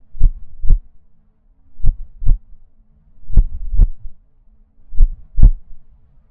Heartbeat.